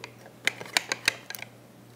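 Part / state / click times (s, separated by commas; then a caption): gimbal base into quick-release mount plate / seated / 0.5 s. With its motors powered off, a Ronin camera gimbal is slid onto the metal quick-release plate of a CineMilled Mitchell mount adapter until it latches. A sharp click at 0.5 s marks the gimbal seating. Further crisp metallic clicks follow at about 0.8, 0.9, 1.1 and 1.3 s over a faint steady low hum.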